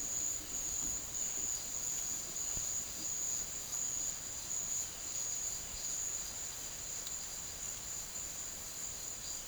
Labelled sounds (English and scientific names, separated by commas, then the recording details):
none
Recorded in secondary vegetation near Puerto Asís, Putumayo, Colombia, on 24 March 2025 at 14:30
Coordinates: 0.489, -76.322
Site G042